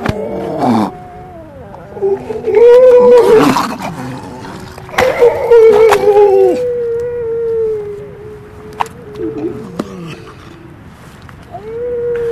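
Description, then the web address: Grey seal moaning wails, long harmonic tones that waver and slide, with short breathy bursts between them. "gray seal"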